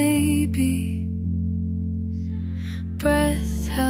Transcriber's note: sighs, soft vocal run